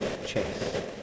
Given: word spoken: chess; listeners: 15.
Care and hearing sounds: one English word in noise, from a listening test; noise modulated by three-talker babble; -4.1 dB; 2 of 15; 10 of 15; 0.63 s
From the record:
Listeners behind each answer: 10, 2, 1, 1, 1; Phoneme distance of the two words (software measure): 10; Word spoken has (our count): 1 syllable, 3 phonemes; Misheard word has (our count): 1 syllable, 3 phonemes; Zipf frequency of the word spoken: 3.91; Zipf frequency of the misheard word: 4.31

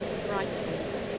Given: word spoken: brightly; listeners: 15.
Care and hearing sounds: one English word in noise, from a listening test; speech-shaped noise; -4.5 dB; 1 of 15; 6 of 15; 0.78 s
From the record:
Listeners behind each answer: 6, 4, 2, 1, 1, 1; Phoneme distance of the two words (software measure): 27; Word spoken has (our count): 2 syllables, 6 phonemes, stress on syllable 1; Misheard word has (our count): 2 syllables, 5 phonemes, stress on syllable 1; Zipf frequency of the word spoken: 3.53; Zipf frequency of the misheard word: 3.51

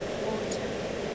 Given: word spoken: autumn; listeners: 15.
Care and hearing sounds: one English word in noise, from a listening test; speech-shaped noise; -6.4 dB; 3 of 15; 11 of 15; 0.75 s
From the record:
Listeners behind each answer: 11, 3, 1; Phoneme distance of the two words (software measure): 14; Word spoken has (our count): 2 syllables, 4 phonemes, stress on syllable 1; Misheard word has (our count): 2 syllables, 4 phonemes, stress on syllable 1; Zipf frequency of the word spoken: 4.41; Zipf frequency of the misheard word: 5.53

